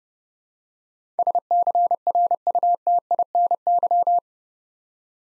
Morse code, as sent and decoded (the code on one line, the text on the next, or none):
... -.-. .-. ..- - .. -. -.--
SCRUTINY